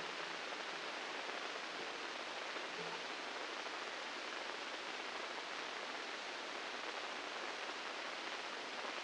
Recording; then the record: brain microelectrode recording played as sound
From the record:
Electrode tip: inside the subthalamic nucleus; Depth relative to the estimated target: -3 mm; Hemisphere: right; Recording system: NeuroSet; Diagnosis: Parkinson's disease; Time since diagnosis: 9 years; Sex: female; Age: 51 years